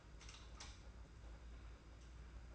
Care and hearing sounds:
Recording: daily activity, microphone in the room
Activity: light off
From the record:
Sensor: 2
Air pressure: 991.8 hPa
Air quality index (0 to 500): 225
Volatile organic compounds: 1000 ppm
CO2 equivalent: 7523 ppm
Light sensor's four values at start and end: 16/46/18/17 and 11/27/10/10

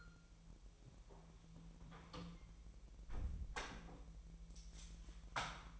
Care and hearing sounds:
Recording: daily activity, microphone in the room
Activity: close door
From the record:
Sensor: 1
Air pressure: 1001.5 hPa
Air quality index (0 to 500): 249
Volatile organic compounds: 129 ppm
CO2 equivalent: 3922 ppm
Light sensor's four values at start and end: 12/30/12/13 and 12/29/12/13

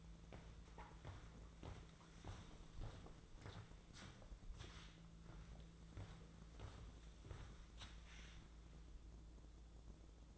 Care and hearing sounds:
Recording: daily activity, microphone in the room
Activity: walk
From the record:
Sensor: 3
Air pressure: 1005.5 hPa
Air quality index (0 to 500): 95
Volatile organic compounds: 3 ppm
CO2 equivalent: 1491 ppm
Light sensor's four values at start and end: 10/24/10/9 and 10/24/10/10

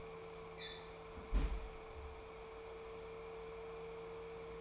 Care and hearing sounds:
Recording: daily activity, microphone in the room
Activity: close fridge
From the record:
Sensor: 1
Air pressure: 1014.9 hPa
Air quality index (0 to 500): 193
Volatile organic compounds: 21 ppm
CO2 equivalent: 2733 ppm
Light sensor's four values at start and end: 22/55/23/27 and 25/63/26/32

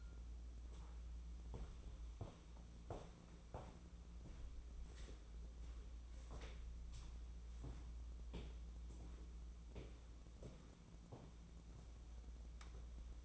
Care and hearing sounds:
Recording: daily activity, microphone in the room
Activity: walk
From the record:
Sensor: 1

